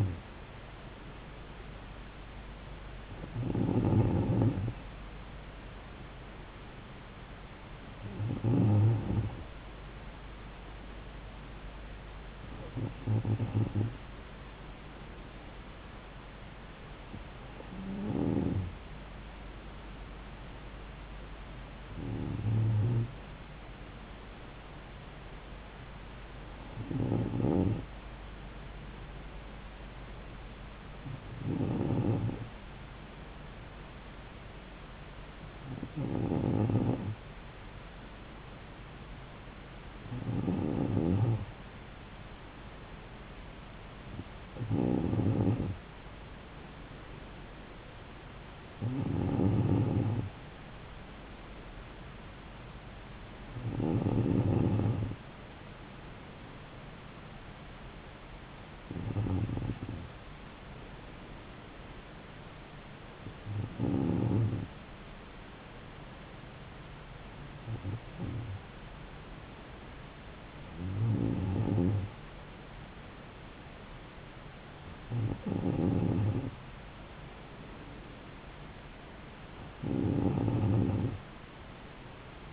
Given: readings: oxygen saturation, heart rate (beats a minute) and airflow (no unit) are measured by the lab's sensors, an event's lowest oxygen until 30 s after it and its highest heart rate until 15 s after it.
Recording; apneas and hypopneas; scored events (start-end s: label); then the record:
breathing in sleep by a voice recorder at the bedside; none
none scored
From the record:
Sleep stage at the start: N2 (light sleep); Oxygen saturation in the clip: 93 to 94%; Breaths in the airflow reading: 19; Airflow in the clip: -3.3 to 3.7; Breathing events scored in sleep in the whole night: 270 in 6.1 hours asleep